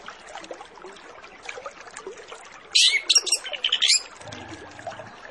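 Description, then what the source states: Orange-headed Thrush song, a single burst of about a second of high, rapid, squeaky and whistled notes, set against constant busy background chatter. Lure recording of full song with fill-in phrases (isian), used to prompt Orange-headed Thrushes to start singing quickly (ngeplong).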